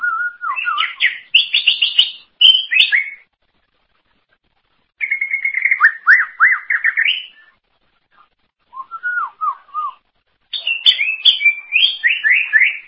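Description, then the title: Greater green leafbird song in separate phrases: a fluty rising-falling warble, a run of quick downslurred whistles, then a dense jumbled chatter after pauses. "Cucak ijo"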